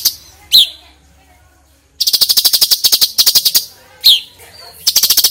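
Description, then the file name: Sooty-headed bulbul giving a sharp downslurred chip, a pause, then long runs of fast, rhythmic pulsed chattering broken by another chip. Female bird. "suara cucak cungkok betina"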